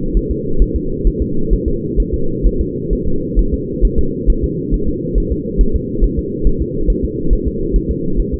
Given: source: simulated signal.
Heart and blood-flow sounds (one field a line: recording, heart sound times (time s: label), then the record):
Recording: fetal heart sounds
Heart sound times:
0.17 s: S1
0.31 s: S2
0.62 s: S1
0.76 s: S2
1.07 s: S1
1.22 s: S2
1.53 s: S1
1.68 s: S2
2.00 s: S1
2.14 s: S2
2.47 s: S1
2.61 s: S2
2.93 s: S1
3.08 s: S2
3.39 s: S1
3.54 s: S2
3.85 s: S1
3.99 s: S2
4.30 s: S1
4.44 s: S2
4.74 s: S1
4.89 s: S2
5.18 s: S1
5.32 s: S2
5.61 s: S1
5.76 s: S2
6.04 s: S1
6.19 s: S2
6.47 s: S1
6.62 s: S2
6.90 s: S1
7.05 s: S2
7.33 s: S1
7.48 s: S2
7.76 s: S1
7.91 s: S2
8.20 s: S1
8.34 s: S2
From the record:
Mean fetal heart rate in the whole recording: 135 bpm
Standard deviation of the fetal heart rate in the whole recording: 3 bpm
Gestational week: 36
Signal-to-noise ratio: -8.1 dB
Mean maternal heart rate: 72 bpm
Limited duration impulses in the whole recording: absent